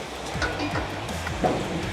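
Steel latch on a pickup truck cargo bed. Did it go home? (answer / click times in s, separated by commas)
no / none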